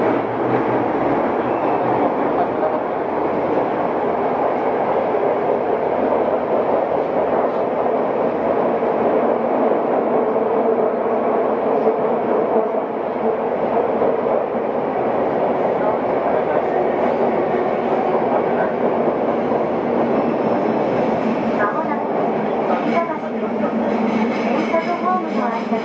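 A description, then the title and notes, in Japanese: Inside a Tokyo subway car running between stations, a steady, dense rumble of wheels and motor fills the whole clip at an even level. Faint voices murmur underneath, and toward the end brighter rattling and squealing rise briefly above the drone. 東京メトロ05系（ワイドドア車） 中野〜西船橋。快速運用を録音しました。今回はICレコーダー（Panasonic PR–XS460）を使いました。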